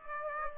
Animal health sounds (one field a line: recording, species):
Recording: mosquito wingbeat signal from an infrared sensor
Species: Aedes aegypti